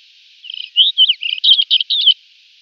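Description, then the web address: White-crowned wheatear singing one brief phrase of rapid, varied whistles and chattering notes, lasting under two seconds, against light hiss. "Schulze Peter White-crowned Wheatear song"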